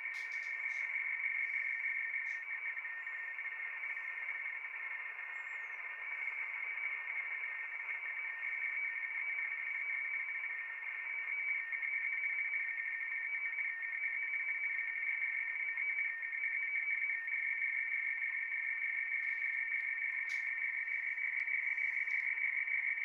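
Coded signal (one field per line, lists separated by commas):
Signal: RTTY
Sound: continuous rapid warbling between two close tones, like a fast chattering buzz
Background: radio static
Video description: Neste Vídeo estou a mostrar uma Transmissão de Radio Teletype RTTY Weather Forecasts, na onda curta em 11.036 USB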